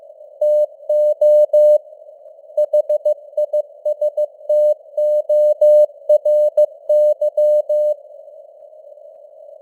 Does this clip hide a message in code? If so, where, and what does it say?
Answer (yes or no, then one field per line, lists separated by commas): yes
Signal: Morse code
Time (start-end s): 0.4-7.9 s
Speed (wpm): 15 wpm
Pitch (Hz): 600 Hz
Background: none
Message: TO HISTORY